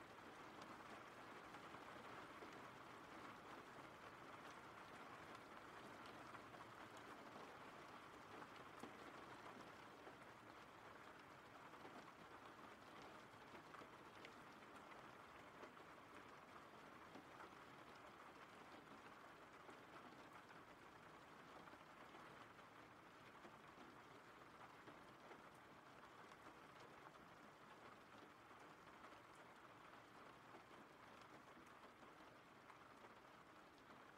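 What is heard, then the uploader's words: Rain falls in a steady, dense wash that holds the same level from start to finish. The sound is full and hissing, strongest in the middle range, with fine crackles of individual drops scattered throughout and a soft low rumble underneath. RAIN SOUNDS.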